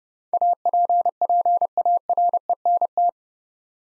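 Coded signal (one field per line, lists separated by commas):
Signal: Morse code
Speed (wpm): 30 wpm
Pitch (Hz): 700 Hz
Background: none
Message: APPARENT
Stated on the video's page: Morse practice at 30 wpm sending 8-letter words for head-copy drill, each word sent twice.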